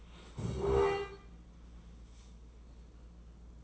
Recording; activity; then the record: daily activity, microphone in the room; stand up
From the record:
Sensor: 1